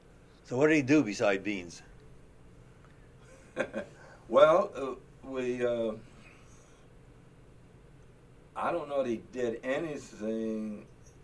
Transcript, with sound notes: So what did he do beside beans?
[Laughing] Well, we, I don’t know that he did anything,